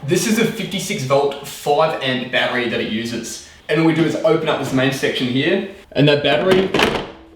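A 56-volt 5-amp battery pack for an Ego cordless lawn mower is handled at the battery bay under the mower's hinged main cover while someone talks throughout. A sharp onset comes at 7.4 s at the very end, but the battery has not seated or clicked into place yet.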